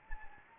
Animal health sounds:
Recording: mosquito wingbeat signal from an infrared sensor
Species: Anopheles gambiae

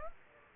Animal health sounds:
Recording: mosquito wingbeat signal from an infrared sensor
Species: Aedes aegypti

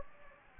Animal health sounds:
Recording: mosquito wingbeat signal from an infrared sensor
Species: Anopheles gambiae

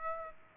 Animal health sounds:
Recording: mosquito wingbeat signal from an infrared sensor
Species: Aedes aegypti

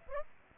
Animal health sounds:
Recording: mosquito wingbeat signal from an infrared sensor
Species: Aedes aegypti

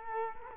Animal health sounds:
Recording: mosquito wingbeat signal from an infrared sensor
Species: Culex quinquefasciatus

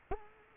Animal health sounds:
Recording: mosquito wingbeat signal from an infrared sensor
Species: Culex quinquefasciatus

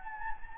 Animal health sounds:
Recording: mosquito wingbeat signal from an infrared sensor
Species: Anopheles gambiae

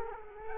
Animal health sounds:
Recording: mosquito wingbeat signal from an infrared sensor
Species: Culex quinquefasciatus

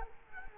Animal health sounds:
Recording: mosquito wingbeat signal from an infrared sensor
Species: Culex quinquefasciatus

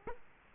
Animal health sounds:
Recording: mosquito wingbeat signal from an infrared sensor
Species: Culex quinquefasciatus

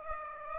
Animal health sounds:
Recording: mosquito wingbeat signal from an infrared sensor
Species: Aedes aegypti

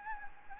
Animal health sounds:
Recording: mosquito wingbeat signal from an infrared sensor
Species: Anopheles gambiae

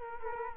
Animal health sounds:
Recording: mosquito wingbeat signal from an infrared sensor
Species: Culex quinquefasciatus

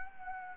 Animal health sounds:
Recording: mosquito wingbeat signal from an infrared sensor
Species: Anopheles gambiae

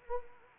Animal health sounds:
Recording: mosquito wingbeat signal from an infrared sensor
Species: Anopheles arabiensis

